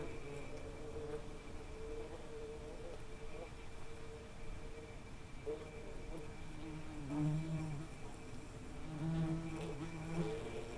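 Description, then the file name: Wasp buzzing, a faint wavering hum that grows stronger in pulses toward the end, over a soft background hiss. Recorded in summer. "Wasp Bee Buzzing Summer"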